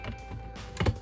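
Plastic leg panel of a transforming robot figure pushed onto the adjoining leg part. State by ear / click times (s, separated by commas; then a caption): not seated / none. The plastic leg section of a transforming robot figure is extended and pushed onto the adjoining leg part, with quiet handling noise over background music and a pair of short knocks near 0.8 s and 0.9 s. Nothing has seated or locked into place yet.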